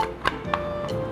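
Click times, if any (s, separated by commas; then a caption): 0.3 s, 0.5 s. A removable plastic part of a Petwant W2-UV automatic pet water fountain (1.5-litre, with UV sterilizing light) is put back after rinsing: it is lined up with the locks on both sides and rotated onto the fountain body. Two sharp plastic clicks sound at 0.3 s and 0.5 s over background music, and the part is twist-locked into place. Someone talks.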